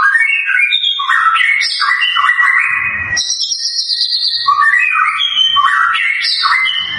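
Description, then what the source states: White-rumped shama song, loud and continuous: rich, varied whistled phrases jumping between low and high pitches, dense and overlapping. Lure of a vigorously singing (gacor) bird, meant to prompt an immediate response from other birds.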